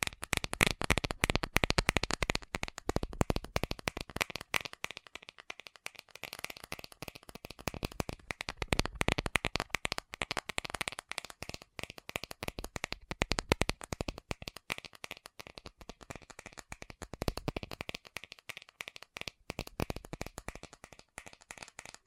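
Fast tapping runs through the whole clip as a dense, rapid stream of sharp, bright clicks with no steady beat. The pace surges and thins, with quieter gaps around five to six seconds and near twenty seconds, and a busier stretch after seventeen seconds.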